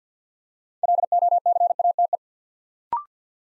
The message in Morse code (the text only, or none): LOCATE